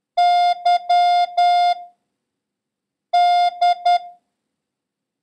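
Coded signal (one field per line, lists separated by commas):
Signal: Morse code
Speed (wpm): 10 wpm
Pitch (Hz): 710 Hz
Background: none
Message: Y D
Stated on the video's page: Morse code lesson covering the @ symbol and the abbreviations AR, SK and DE, ending with a long random-character practice run.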